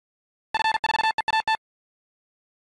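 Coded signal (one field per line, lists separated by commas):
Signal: Morse code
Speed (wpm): 50 wpm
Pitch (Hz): 880 Hz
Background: none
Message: F4EAT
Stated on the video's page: Morse from RufzXP callsign copying practice, a 15,359-point run.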